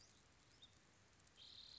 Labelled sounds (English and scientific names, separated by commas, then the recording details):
Western Flycatcher (Empidonax difficilis)
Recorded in Sonoma County, California